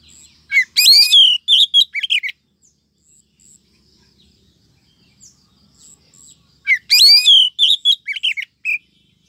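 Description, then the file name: Oriental magpie-robin calling: two bursts of sharp, rapid whistled and chattering notes, each about two seconds long, separated by a pause of roughly four seconds. Female calling the male, meant to make the male start singing readily. "Suara Kacer Betina Memanggil Sang Jantan Agar Cepat Gacor"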